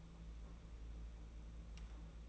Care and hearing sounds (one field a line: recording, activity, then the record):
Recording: daily activity, microphone in the room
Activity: take from stove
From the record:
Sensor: 1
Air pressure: 992.0 hPa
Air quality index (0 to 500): 216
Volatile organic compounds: 1000 ppm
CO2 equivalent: 8430 ppm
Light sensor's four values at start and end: 21/75/29/29 and 21/75/29/29